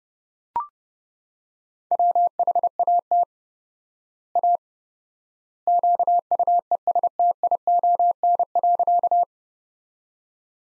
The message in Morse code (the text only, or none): WHAT A QUESTION.